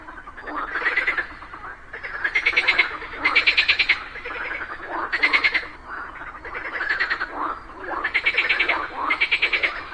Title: Just after it rained during the day, a group of frogs happily cooperated perfectly, creating a symphony of nature.